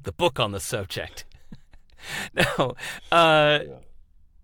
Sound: laughs